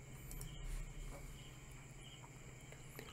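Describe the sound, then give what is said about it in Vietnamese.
A steady night chorus of frogs croaking, blending into a continuous low drone with thin, high insect-like trills, with no voices. “đọc truyện dưới tiếng ếch kêu”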